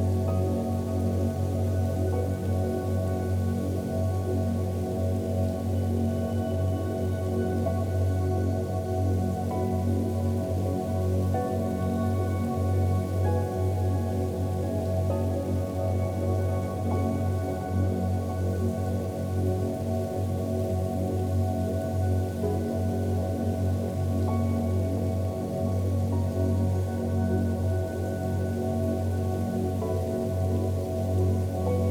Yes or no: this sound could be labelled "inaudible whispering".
no